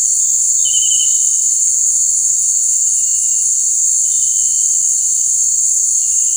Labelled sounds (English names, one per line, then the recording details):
none
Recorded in dense forest near Puerto Asís, Putumayo, Colombia, on 13 March 2025 at 18:00
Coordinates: 0.485, -76.318
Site G056